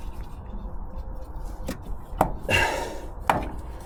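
A new rubber rear axle bump stop is pushed by hand and thumb into its metal mount on the rear axle of a 2020 Ford Transit Custom van, to fix a squeaky rear suspension. Two loud, sharp pops ring out at 2.2 s and 3.3 s, with a short rubbing burst between them. The bump stop is seated in its mount.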